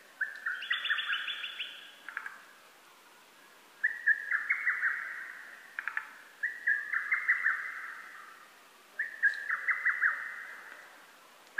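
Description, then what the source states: Lesser cuckoo song: four loud phrases of rapid notes, repeated every two to three seconds. Recorded on 12 June 2010.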